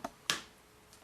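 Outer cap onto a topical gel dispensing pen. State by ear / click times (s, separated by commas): seated / 0.3 s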